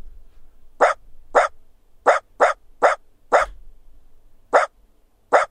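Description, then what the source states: Dachshund barking: several short, abrupt yaps at uneven intervals, each ending sharply. Replayed on radio in a quiz asking whether it was AI or a real dog; later revealed to be a real Dachshund.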